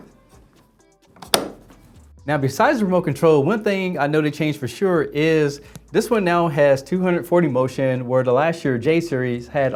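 The second plastic stand foot of a Sony X80K 4K television is pushed into the slot on the bottom of the TV and snaps into place with one loud, sharp click at 1.3 s, seating without any screws. Two faint ticks come just before it, then someone talks.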